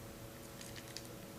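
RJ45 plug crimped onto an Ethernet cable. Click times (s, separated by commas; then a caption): 1.0 s. With eight conductors pushed fully into a plastic RJ45 plug on an Ethernet network cable, a crimping tool's trigger is squeezed so the plug's copper contacts press through the wire insulation. A faint, muffled crunch at about 0.6 s leads into a short, sharp click at 1.0 s over a quiet background. The plug is seated, with the copper confirmed to have pierced the wires.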